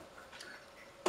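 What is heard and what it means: The head of a Makita 1018L sliding miter saw is brought down and its head lock latches with one sharp click at 1.1 s, after a second of faint low background noise. The lock engages and the saw head no longer rises.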